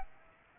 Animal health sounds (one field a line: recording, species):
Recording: mosquito wingbeat signal from an infrared sensor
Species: Aedes aegypti